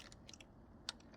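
A torque wrench set to 71 inch-pounds tightens an M6 bolt on the cam phaser cover of an aluminium cylinder head on a GM 1.4T engine, checking whether the threads are stripped. Faint ratcheting ticks come between 0.1 and 0.4 s, then a sharp, much louder click at 0.9 s as the wrench breaks at its setting. The bolt torques properly, so the threads are not damaged.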